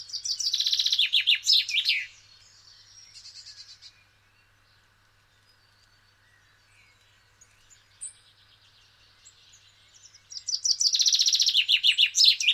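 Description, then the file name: Common chaffinch song opening with a rapid downward-tumbling trill, then a softer shorter phrase, a long quiet stretch, and another bright trilled song starting near the end. "Fringilla coelebs"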